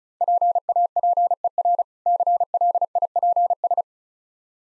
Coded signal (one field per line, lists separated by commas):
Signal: Morse code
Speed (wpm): 36 wpm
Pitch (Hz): 700 Hz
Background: none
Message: PAPER CLIPS